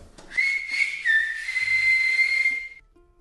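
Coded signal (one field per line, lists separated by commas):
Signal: whistled language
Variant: Silbo Gomero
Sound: a loud high whistle about two seconds long, briefly dropping in pitch, then held steady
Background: faint background noise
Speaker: Vamos a llamar a Melody. Llama por ella como si estuvieras desde a una distancia muy larga, ¿eh? Llámala.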